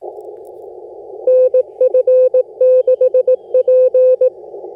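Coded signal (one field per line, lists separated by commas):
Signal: Morse code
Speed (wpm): 20 wpm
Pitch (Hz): 510 Hz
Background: none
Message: NF6P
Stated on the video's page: Parks on the Air activation with IC-705 and vertical EFHW antenna, FT8 then slow CW to finish.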